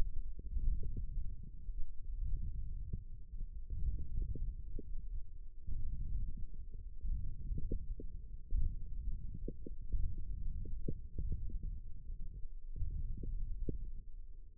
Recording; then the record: forearm muscle sounds (acoustic myography)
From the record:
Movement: hand closing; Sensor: system 1, eight BSWA MPA416 microphones around the upper forearm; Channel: 3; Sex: male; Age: 18 years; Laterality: right